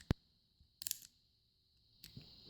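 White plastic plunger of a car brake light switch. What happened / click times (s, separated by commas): The plastic plunger clicked down through several detent positions / 0.1 s, 0.8 s, 0.9 s, 2.0 s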